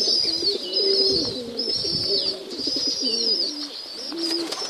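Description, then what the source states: Domestic pigeons giving low, throaty coos that overlap and repeat, while busy high-pitched chirps run continuously over the top. Recorded in a pigeon loft (gołębnik).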